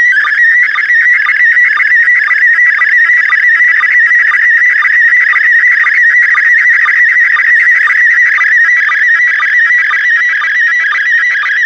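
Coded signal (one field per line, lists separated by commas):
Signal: SSTV (slow-scan television)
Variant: PD 120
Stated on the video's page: SSTV transmission from the ISS received on a handheld transceiver.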